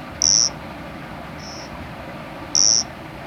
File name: Nesobia mjobergi